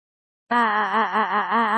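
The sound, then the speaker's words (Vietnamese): After a brief silence, a single loud, hoarse scream from a barbarian warrior of the Xich Ho tribe erupts and holds for over a second, its raw pitch wavering up and down without a break. “Một tiếng gào thét khàn cả giọng từ trong miệng của một tên chiến sĩ dã man nhân của bộ lạc Xích Hồ vang lên.”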